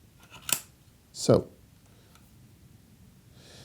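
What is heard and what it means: A Neomag Alias carry clip is pushed into its belt receiver and snaps in sharply at 0.5 s, then someone talks briefly. The clip is seated inside the receiver and holds firmly without moving.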